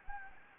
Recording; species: mosquito wingbeat signal from an infrared sensor; Anopheles gambiae